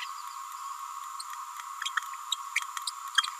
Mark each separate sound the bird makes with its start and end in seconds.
2.87-2.90